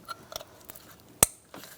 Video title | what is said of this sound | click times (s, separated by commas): How to Replace Valve Cover 2012-2018 Ford Focus 2.0L L4 | Make sure you hear that click. | 1.2 s